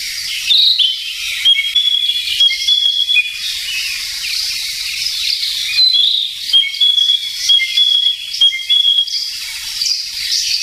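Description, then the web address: Narcissus flycatcher singing varied whistled phrases, short slurred notes and sharp chirps, with a faint high insect-like hiss throughout. "sikioto. kibitaki"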